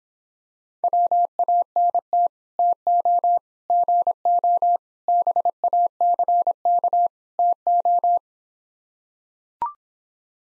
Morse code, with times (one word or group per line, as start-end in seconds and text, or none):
0.8-2.3 WANT
2.6-3.4 TO
3.7-4.8 GO
5.1-7.1 BACK
7.4-8.2 TO